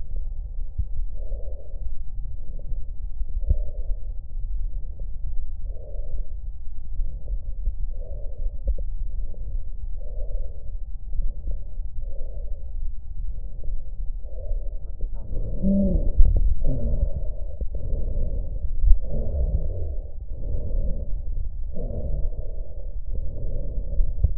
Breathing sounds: lung sounds by stethoscope; left posterior apical chest; quiet breathing, then deep breathing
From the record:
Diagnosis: interstitial lung disease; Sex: female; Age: 72 years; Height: 153 cm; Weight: 71 kg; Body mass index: 30.3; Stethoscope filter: extended mode

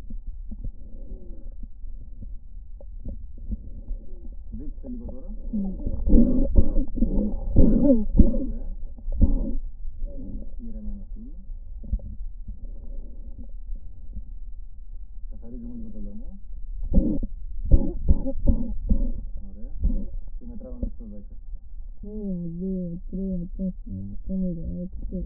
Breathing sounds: lung sounds by stethoscope; right posterior basal chest; quiet breathing, then cough and speech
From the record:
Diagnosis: asthma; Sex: female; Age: 56 years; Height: 161 cm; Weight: 85 kg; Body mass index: 32.8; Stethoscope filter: diaphragm mode

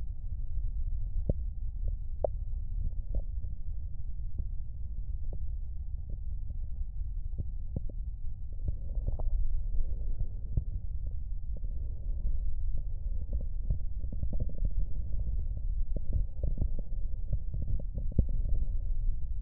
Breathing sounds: lung sounds by stethoscope; right posterior basal chest; quiet breathing, then deep breathing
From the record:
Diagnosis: COPD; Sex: male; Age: 69 years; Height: 162 cm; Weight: 124.8 kg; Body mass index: 47.6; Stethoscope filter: extended mode

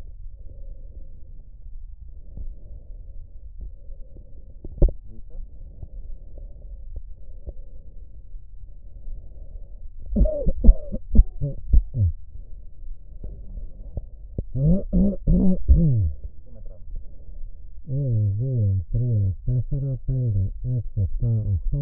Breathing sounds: lung sounds by stethoscope; right anterior apical chest; quiet breathing, then cough and speech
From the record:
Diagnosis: none (healthy); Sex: male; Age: 60 years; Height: 190 cm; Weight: 150 kg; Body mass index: 41.6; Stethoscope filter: extended mode

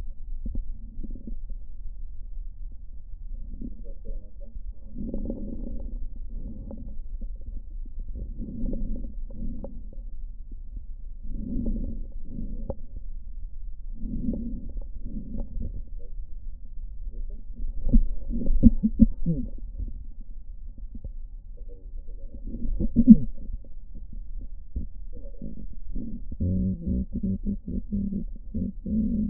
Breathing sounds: lung sounds by stethoscope; left posterior basal chest; quiet breathing, then cough and speech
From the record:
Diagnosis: COPD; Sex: female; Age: 72 years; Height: 156 cm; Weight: 72 kg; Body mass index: 29.6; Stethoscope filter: diaphragm mode

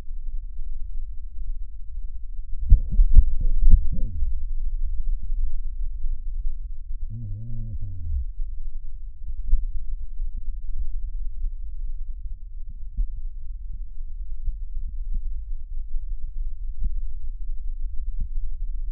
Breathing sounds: lung sounds by stethoscope; left anterior apical chest; quiet breathing, then cough and speech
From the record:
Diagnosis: COPD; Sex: male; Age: 60 years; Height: 171 cm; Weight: 59.4 kg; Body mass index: 20.3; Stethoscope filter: bell mode

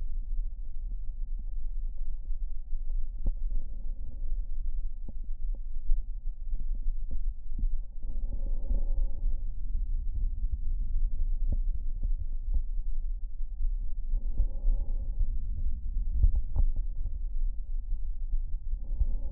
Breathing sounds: lung sounds by stethoscope; right anterior apical chest; quiet breathing, then deep breathing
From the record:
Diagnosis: COPD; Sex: male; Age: 65 years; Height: 162 cm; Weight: 67.8 kg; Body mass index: 25.8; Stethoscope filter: diaphragm mode

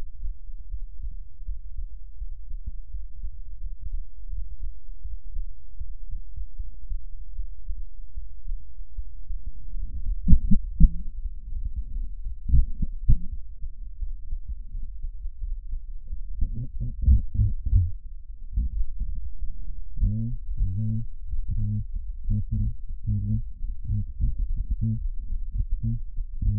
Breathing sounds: lung sounds by stethoscope; left anterior apical chest; quiet breathing, then cough and speech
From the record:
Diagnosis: none (healthy); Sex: male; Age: 29 years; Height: 180 cm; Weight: 100 kg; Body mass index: 30.9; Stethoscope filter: bell mode

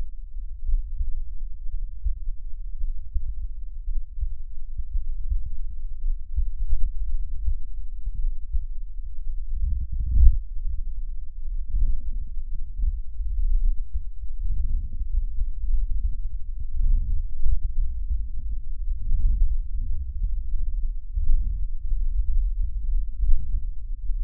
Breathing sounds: lung sounds by stethoscope; left anterior apical chest; quiet breathing, then deep breathing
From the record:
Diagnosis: interstitial lung disease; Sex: male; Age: 82 years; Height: 158 cm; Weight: 49 kg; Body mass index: 19.6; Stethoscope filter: bell mode

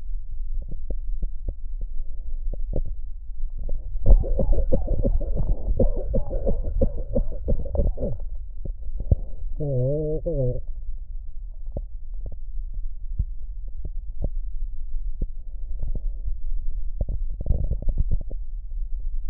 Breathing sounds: lung sounds by stethoscope; left posterior basal chest; quiet breathing, then cough and speech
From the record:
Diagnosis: COPD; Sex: male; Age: 70 years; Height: 183 cm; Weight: 116 kg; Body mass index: 34.6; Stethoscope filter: extended mode

